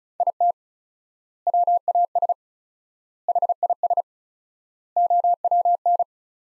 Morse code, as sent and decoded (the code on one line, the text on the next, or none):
.. - / .-- .- ... / .... .. ... / --- .-- -.
IT WAS HIS OWN